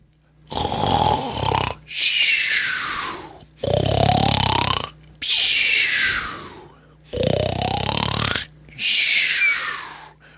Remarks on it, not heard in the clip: That's the sound of snoring. You heard me snoring.